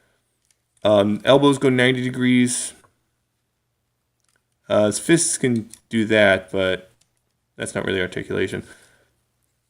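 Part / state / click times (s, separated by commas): figure waist swivel joint / not seated / none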